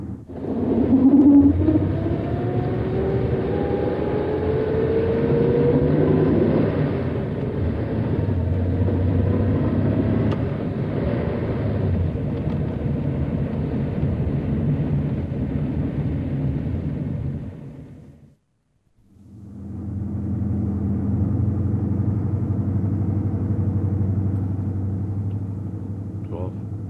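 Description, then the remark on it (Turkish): A vehicle engine revs up and pulls away, its pitch climbing at first before settling into a loud, steady low rumble. The sound cuts out briefly, then the droning motor resumes. “Rıza'nın kamyonu da hareket etti. Hadi babacığım, duracak vakit değil. Bastalım gaza.”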